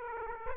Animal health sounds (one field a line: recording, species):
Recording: mosquito wingbeat signal from an infrared sensor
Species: Aedes aegypti